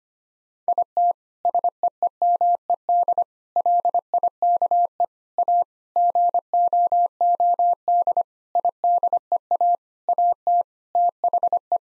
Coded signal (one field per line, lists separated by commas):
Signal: Morse code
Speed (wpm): 25 wpm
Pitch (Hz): 700 Hz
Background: none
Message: IT SEEMED LIKE A GOOD IDEA AT THE